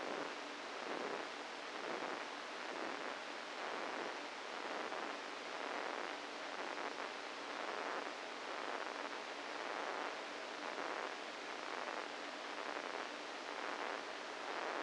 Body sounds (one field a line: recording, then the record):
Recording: brain microelectrode recording played as sound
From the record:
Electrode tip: inside the subthalamic nucleus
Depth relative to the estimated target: 0 mm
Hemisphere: right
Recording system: NeuroSet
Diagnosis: Parkinson's disease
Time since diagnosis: 7 years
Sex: female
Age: 68 years